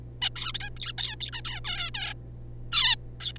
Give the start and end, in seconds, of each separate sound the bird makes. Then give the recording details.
0.22-0.29, 0.36-0.52, 0.55-0.70, 0.76-0.92, 0.98-1.16, 1.21-1.31, 1.33-1.41, 1.45-1.60, 1.65-1.90, 1.94-2.13, 2.72-2.96, 3.20-3.33, 3.36-3.38. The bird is a juvenile. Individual R3549